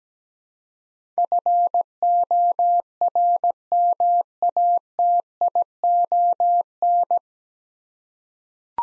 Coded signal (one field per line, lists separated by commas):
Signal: Morse code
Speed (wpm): 17 wpm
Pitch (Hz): 700 Hz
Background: none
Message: FORMATION